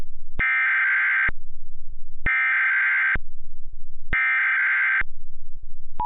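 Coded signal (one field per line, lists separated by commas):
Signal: Emergency Alert System (SAME) tones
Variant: header bursts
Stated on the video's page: Remade EAS tornado warning using valid EAS tones.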